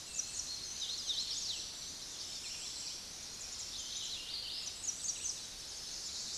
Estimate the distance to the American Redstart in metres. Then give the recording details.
about 70 m. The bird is about 10 m above the microphone. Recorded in a Pennsylvania forest on 16 May 2024 at 06:13. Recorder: AudioMoth, point MSD-0407. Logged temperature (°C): 15.8 °C. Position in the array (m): 38 m, 223 m